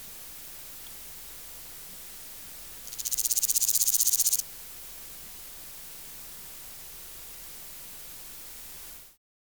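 Grasshopper (Omocestus bolivari): grasshopper song: one buzzy, high-pitched burst of rapid even pulses lasting about one and a half seconds, set against steady soft hiss before and after.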